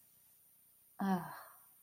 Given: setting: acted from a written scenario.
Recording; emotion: vocal sound without words; serenity